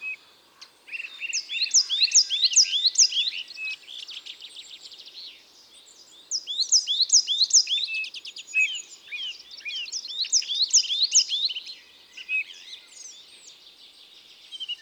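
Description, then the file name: Coal tit song: high, thin two-note phrases repeated rapidly in three bursts separated by short pauses, with a quiet background. "Mesange noire ABC des chants doiseaux"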